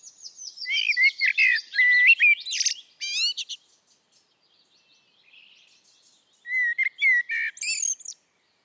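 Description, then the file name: Eurasian blackbird singing a mellow fluted phrase that ends in thin, scratchy twittering; a quiet gap follows, then a second warbling phrase. "Turdus merula"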